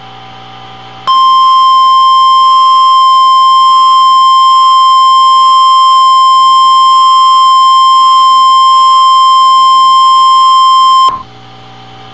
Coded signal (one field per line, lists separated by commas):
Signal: Emergency Alert System (SAME) tones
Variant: 1050 Hz attention tone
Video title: Real NOAA Weather Radio EAS Alert #127